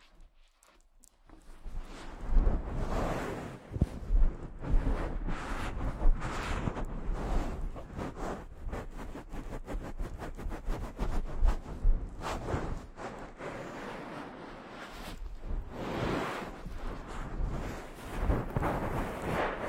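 A head massage: dense, steady rubbing and scratchy brushing with low rumbling thumps, starting after a quiet first second.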